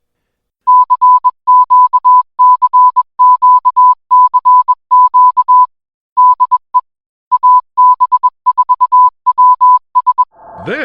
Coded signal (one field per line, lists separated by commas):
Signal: Morse code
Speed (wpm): 21 wpm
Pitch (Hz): 1000 Hz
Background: music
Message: CQCQCQ DE AB4WS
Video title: AB4WS RADIO SHOW Week of September 13, 2024